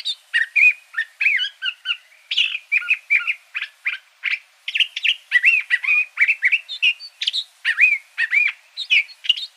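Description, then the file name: Curve-billed thrasher in continuous song, bright chips and looping whistled notes rushed together in varied bursts separated by very short gaps. Arizona. "CBTH 8 Deviche"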